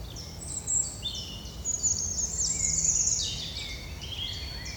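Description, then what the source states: Birds calling together, several high chirps and short whistled phrases tumbling over one another, swelling midway, over a constant low background hum. Recorded in a park near a forest.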